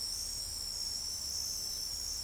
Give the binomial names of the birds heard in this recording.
none